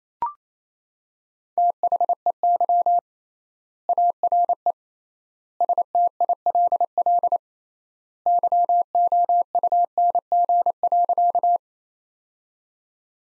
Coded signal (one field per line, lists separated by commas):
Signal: Morse code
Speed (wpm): 28 wpm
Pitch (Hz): 700 Hz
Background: none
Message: THEY ARE STILL YOUNG.